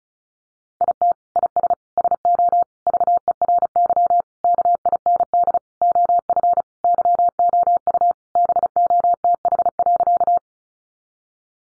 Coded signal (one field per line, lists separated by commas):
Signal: Morse code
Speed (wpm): 34 wpm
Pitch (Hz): 700 Hz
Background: none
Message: IT IS SO VERY KIND OF YOU BOTH.